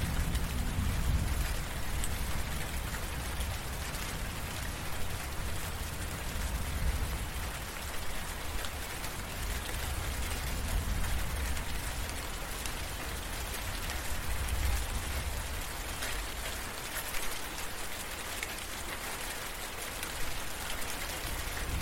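Steady, dense rain pours throughout, an even hiss of drops striking surfaces with fine pattering detail on top. A low rumble sits underneath the whole time, swelling slightly near the start and again around the middle, while the overall loudness stays nearly constant.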